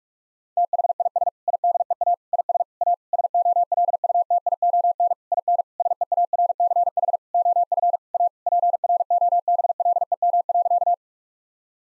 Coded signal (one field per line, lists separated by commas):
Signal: Morse code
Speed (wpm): 41 wpm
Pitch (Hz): 700 Hz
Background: none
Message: THIS IDEA IS A SOLUTION IN SEARCH OF A PROBLEM.